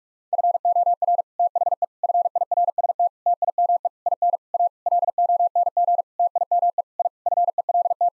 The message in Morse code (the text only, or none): FOR THE FIRST TIME IN A LONG TIME I FELT